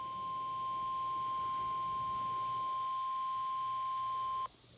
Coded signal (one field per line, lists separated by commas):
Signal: Emergency Alert System (SAME) tones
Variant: 1050 Hz attention tone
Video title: Special Marine Warning EAS#98